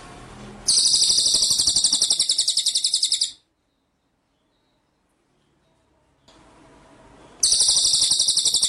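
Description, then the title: White-rumped shama song: bright, rapid pulsed trills, about four beats a second, in two bursts separated by silence, with a faint hiss before each. Masteran training track; full song in the style called ngerol nembak. "Masteran Murai Batu Full Ngerol Nembak"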